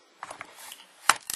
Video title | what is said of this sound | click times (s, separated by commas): WE SCAR-L Review and Disassembly/Assembly | lock into place like that | 1.1 s